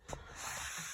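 After the seat belt buckles are re-threaded through it, the rear seat bottom cushion of a 2012-2017 Toyota Camry is pushed down onto its two body floor clips. A sharp click at 0.1 s is followed by a steady hissing rush for the rest of the clip. The cushion snaps in and the seat is seated.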